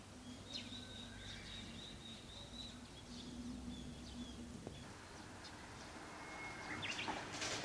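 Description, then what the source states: Evening cicada song, a long high rapidly pulsed buzz with a low steady hum beneath. Recorded in the morning; song written as kanakana.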